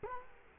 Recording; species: mosquito wingbeat signal from an infrared sensor; Culex quinquefasciatus